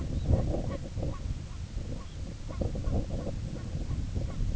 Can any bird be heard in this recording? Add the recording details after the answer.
yes. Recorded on Arctic tundra, site IGLO-A, on 20 June 2018. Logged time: 07:59